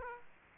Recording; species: mosquito wingbeat signal from an infrared sensor; Aedes aegypti